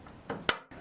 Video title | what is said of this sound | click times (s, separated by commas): Mobile Kappsägenstation von Metabo KSU 251. | down until they click into place | 0.5 s